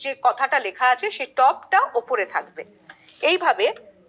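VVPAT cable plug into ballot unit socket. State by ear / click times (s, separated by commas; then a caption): not seated / none. A VVPAT cable plug is lined up red-to-red and black-to-black with its "TOP" marking facing up, ready to be pushed into the ballot unit's socket, while someone talks. The plug has not yet gone home, and nothing has clicked yet. Once seated with a gentle press, it would connect the VVPAT to the ballot unit.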